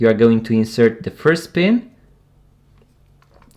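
Someone talks while the first pin end of a 2025 Swatch x Omega official rubber strap is inserted into a watch case lug hole at the 12 o'clock side and lined up, before the quick-release lever is used to seat the other end. Only small, faint handling ticks follow near the end of the clip. Nothing has seated or clicked yet.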